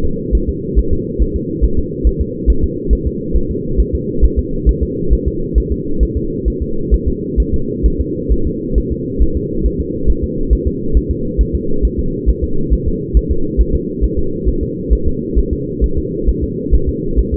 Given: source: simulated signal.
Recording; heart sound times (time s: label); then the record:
fetal heart sounds
0.05 s: S2
0.35 s: S1
0.49 s: S2
0.79 s: S1
0.93 s: S2
1.22 s: S1
1.36 s: S2
1.64 s: S1
1.79 s: S2
2.07 s: S1
2.21 s: S2
2.50 s: S1
2.64 s: S2
2.93 s: S1
3.07 s: S2
3.37 s: S1
3.51 s: S2
3.80 s: S1
3.95 s: S2
4.25 s: S1
4.39 s: S2
4.69 s: S1
4.83 s: S2
5.13 s: S1
5.28 s: S2
5.58 s: S1
5.72 s: S2
6.03 s: S1
6.17 s: S2
6.48 s: S1
6.62 s: S2
6.94 s: S1
7.08 s: S2
7.40 s: S1
7.54 s: S2
7.86 s: S1
8.01 s: S2
8.32 s: S1
8.47 s: S2
8.78 s: S1
8.92 s: S2
9.22 s: S1
9.37 s: S2
9.66 s: S1
9.81 s: S2
10.10 s: S1
10.24 s: S2
10.53 s: S1
10.67 s: S2
10.97 s: S1
11.11 s: S2
11.41 s: S1
11.55 s: S2
11.85 s: S1
11.99 s: S2
12.30 s: S1
12.44 s: S2
12.73 s: S1
12.88 s: S2
13.17 s: S1
13.31 s: S2
13.61 s: S1
13.75 s: S2
14.04 s: S1
14.19 s: S2
14.48 s: S1
14.63 s: S2
14.93 s: S1
15.08 s: S2
15.38 s: S1
15.53 s: S2
15.84 s: S1
15.98 s: S2
16.29 s: S1
16.44 s: S2
16.74 s: S1
16.89 s: S2
17.19 s: S1
17.34 s: S2
From the record:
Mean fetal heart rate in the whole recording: 135 bpm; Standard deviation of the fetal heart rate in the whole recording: 3 bpm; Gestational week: 34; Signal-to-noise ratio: -8.1 dB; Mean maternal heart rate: 72 bpm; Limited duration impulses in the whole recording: absent